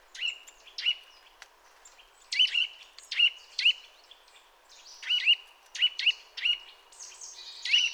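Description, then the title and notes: Eurasian nuthatch uttering scattered clear piping notes, some in pairs, spaced irregularly over low hiss. Sedentary bird heard during mild winter weather, giving contact calls followed by song in this sequence; common in forests, parks and small woods; recorded with various equipment. "Sonothèque naturophonia. La Sittelle torche-pot (Sitta europaea)"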